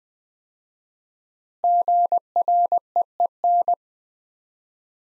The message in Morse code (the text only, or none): GREEN